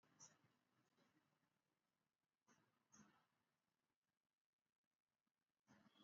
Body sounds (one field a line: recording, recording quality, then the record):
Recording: shallow breathing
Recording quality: moderate, slight background noise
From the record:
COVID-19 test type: RT-PCR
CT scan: not taken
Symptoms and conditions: cough, cold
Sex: male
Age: 20 years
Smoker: no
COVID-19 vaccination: both doses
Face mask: worn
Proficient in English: yes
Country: India